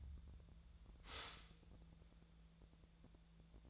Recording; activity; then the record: daily activity, microphone in the room; stop toaster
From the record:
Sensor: 3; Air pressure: 1000.2 hPa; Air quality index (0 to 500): 156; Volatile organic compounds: 3 ppm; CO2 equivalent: 1374 ppm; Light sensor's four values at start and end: 36/92/38/42 and 36/92/38/42